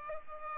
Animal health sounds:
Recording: mosquito wingbeat signal from an infrared sensor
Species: Culex pipiens

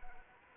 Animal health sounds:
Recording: mosquito wingbeat signal from an infrared sensor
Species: Anopheles arabiensis

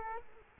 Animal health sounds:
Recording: mosquito wingbeat signal from an infrared sensor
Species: Culex quinquefasciatus

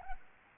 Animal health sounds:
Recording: mosquito wingbeat signal from an infrared sensor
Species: Anopheles gambiae

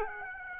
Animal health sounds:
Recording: mosquito wingbeat signal from an infrared sensor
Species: Aedes aegypti

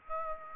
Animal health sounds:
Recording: mosquito wingbeat signal from an infrared sensor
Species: Aedes aegypti

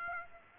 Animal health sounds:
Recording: mosquito wingbeat signal from an infrared sensor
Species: Aedes aegypti

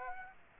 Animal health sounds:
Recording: mosquito wingbeat signal from an infrared sensor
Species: Aedes aegypti

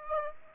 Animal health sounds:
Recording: mosquito wingbeat signal from an infrared sensor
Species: Aedes aegypti

